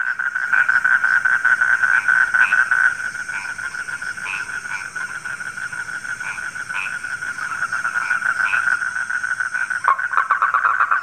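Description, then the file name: Frog chorus of rapid, buzzy pulses, louder for the first three seconds, with brief higher chirps scattered through. Frogs calling at night. "suara kodok di malam hari"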